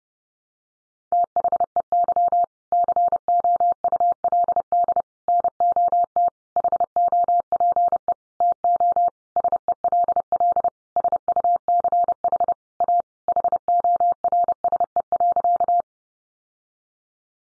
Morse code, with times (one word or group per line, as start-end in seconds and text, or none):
1.1-2.4 THEY
2.7-5.0 COULD
5.3-6.3 NOT
6.6-8.1 HOPE
8.4-9.1 TO
9.4-10.7 SELL
11.0-12.5 SUCH
12.8-13.0 A
13.3-15.8 HORSE.